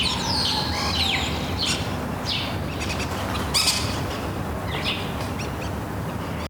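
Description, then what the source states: Birds call with quick downward chirps and scattered high notes throughout, over a low steady background rumble. Morning birds at Les Jardins de Carthage, Sidi Daoud, Tunis, Tunisia.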